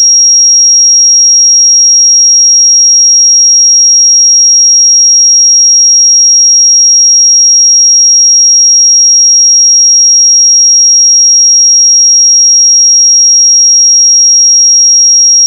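A pure 5615 Hz sine tone sounds as a single, thin, piercing high pitch. It holds perfectly steady at one level for the whole fifteen seconds, with no wavering, breaks or other sounds, and cuts off abruptly at the very end.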